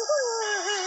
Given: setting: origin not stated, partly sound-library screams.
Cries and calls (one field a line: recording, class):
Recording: one-second piece from a danger detection set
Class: woman in danger